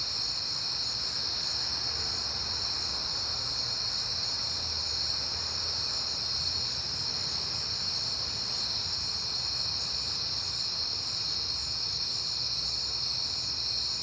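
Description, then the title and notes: Crickets chirping in a steady, unbroken high chorus throughout, with a faint low rumble in the background. Crickets recorded on a peaceful night in September. "Night Time: Crickets and Passing Cars. It is September and I have been hearing the crickets a lot, but finally had a peaceful night to make the recording"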